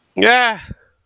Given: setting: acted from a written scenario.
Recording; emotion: vocal sound without words; fear